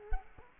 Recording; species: mosquito wingbeat signal from an infrared sensor; Culex quinquefasciatus